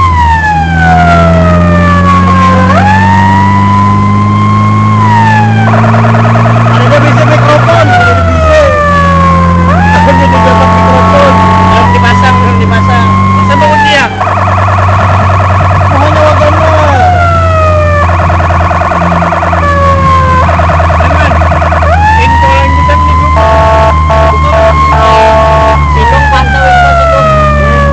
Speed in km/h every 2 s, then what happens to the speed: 44, 53, 57, 61, 61, 67, 71, 69, 63, 62, 59, 57, 53, 50.
0-12 speeds up to 71. 12-25 slows to 50.